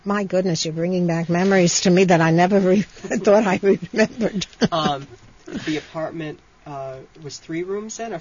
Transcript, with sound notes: My goodness, you're bringing back memories to me that I never would have thought I remembered. (She laughs)
The apartment was three rooms, then?